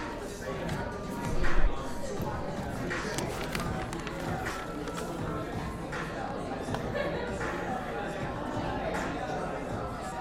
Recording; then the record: background sound without coughing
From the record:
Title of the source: 60 minutes of coffee shop sounds for study and concentration